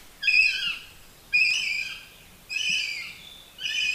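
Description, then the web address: Northern goshawk wailing calls: harsh, harmonic notes, each sharply started then fading, repeated roughly once a second, four in a row. "Madardalok Cd 1. Héja"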